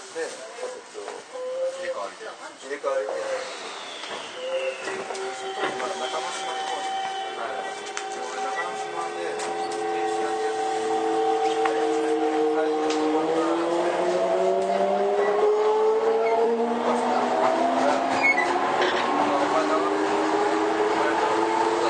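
A Toei 5300 series train running between Oshiage and Gotanda. After a few seconds of rumble, several motor whines rise steadily in pitch as the train picks up speed. The sound grows louder and fuller, with a constant hiss of running noise underneath.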